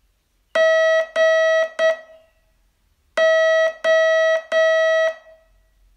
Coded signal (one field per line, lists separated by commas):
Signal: Morse code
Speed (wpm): 9 wpm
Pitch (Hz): 640 Hz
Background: none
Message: GO